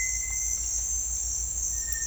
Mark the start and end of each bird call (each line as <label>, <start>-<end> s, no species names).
bird call, 0.00-0.62 s